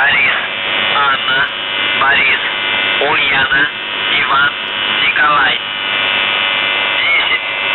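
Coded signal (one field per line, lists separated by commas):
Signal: channel marker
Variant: UVB-76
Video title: The Buzzer/UVB-76(4625Khz) May 18th, 2023 Voice messages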